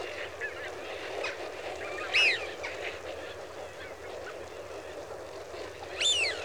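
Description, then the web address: Eurasian wigeon whistles, two clear rising-falling whee-oo calls a few seconds apart over a steady background hiss. A flock of wigeon. "The BBC Sound Effects Library. Wigeon (Anas Penelope) Flock"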